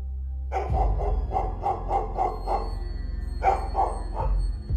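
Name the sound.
dog barking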